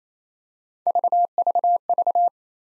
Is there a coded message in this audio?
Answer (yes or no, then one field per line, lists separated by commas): no